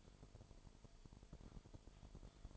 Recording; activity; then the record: daily activity, microphone in the room; typing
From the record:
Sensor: 5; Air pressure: 1002.1 hPa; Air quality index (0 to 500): 228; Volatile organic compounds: 30 ppm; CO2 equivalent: 2960 ppm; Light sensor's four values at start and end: 10/24/10/11 and 10/24/10/11